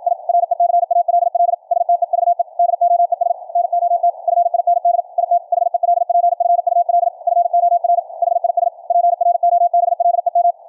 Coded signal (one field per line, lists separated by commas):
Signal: Morse code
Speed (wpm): 53 wpm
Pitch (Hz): 700 Hz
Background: radio noise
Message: I RECALL STEVE DOES NOT FIND IT HELPFUL FOR HIS PROBLEM